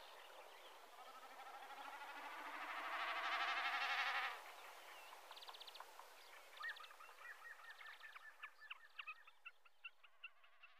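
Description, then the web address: Common snipe drumming, a rapid throbbing bleat building over about three seconds and cutting off sharply, followed by a series of short chirping notes. Recorded during a family trip to a cabin. "family hyttetur -lyd enkeltbekkasin"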